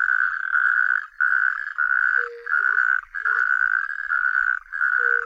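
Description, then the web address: Natterjack toad giving sustained, rasping, rattling trills in long bursts separated by brief gaps, with a few soft lower notes in between. "Tajemnice puszczy Ropucha piaskówka"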